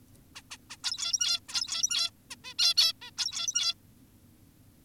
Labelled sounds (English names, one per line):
Zebra Finch